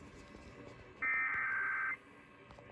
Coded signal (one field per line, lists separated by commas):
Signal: Emergency Alert System (SAME) tones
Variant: header bursts